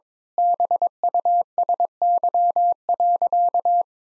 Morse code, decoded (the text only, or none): BUSY.